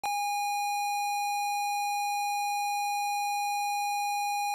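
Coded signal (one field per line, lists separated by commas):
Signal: ZX Spectrum tape loading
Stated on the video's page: ZX Spectrum tape loading of the 1985 Mastertronic game Loco-Motion.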